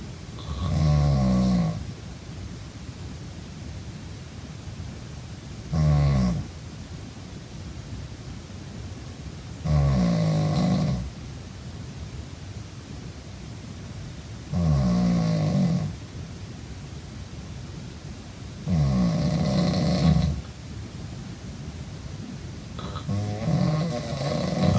Snoring.